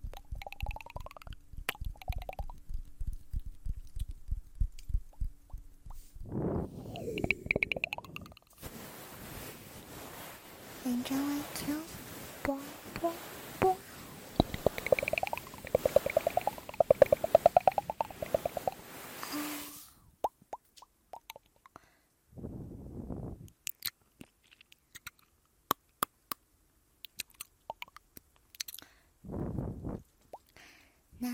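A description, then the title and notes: Ear eating with wet mouth clicks, smacks and chewing pops, a dense crackly middle stretch, and sparse sharp clicks near the end. ASMR Relaxing Ear Eating Sleep Time.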